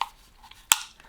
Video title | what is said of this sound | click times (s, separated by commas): What are all the Dyson tools called and what do they do? | and it clicks into place. | 0.7 s